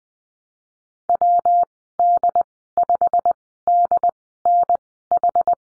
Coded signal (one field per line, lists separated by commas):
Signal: Morse code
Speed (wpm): 20 wpm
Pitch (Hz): 700 Hz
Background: none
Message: WD5DNH